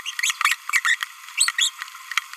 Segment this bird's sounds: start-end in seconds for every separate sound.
0.06-0.11, 0.21-0.32, 0.43-0.55, 0.71-0.81, 0.85-0.98, 1.38-1.51, 1.58-1.69